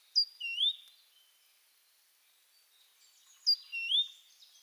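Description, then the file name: Great tit, two call phrases of a high sharp note then an upslurred squeak, about three seconds apart, with little else audible. "Parus major"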